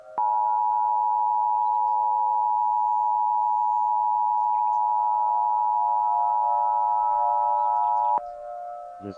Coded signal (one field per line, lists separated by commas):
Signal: Emergency Alert System (SAME) tones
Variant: 853 and 960 Hz attention tone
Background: music